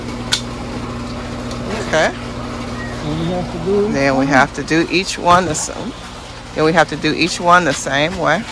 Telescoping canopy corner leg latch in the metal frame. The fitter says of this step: gotta press that in and just raise it up until it clicks